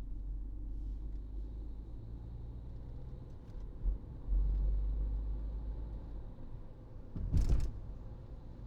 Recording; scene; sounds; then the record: everyday scene through a hearing-aid microphone; in a vehicle; engine, highway driving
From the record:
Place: Berlingo II, diesel engine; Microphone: in the ear canal, right